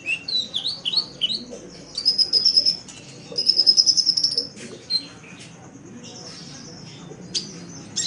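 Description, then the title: Oriental magpie-robin song: quick whistled slurs, then two long trills, followed by softer scattered notes. "Kicau Kacer"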